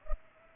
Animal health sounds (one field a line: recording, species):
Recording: mosquito wingbeat signal from an infrared sensor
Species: Culex pipiens